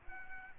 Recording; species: mosquito wingbeat signal from an infrared sensor; Aedes aegypti